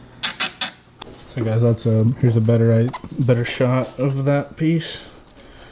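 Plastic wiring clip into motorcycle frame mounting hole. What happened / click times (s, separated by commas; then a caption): The plastic clip is being handled but has not yet snapped home / none. A plastic cable-tie wiring clip is handled at its mounting hole on a Ninja ZX-10R motorcycle frame while someone talks. Short taps are heard near 0.2 to 0.6 s and 1.0 s. The clip has not seated or clicked into the hole yet.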